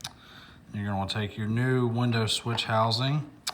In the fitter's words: six little tabs use a flathead screwdriver to remove it just pops right out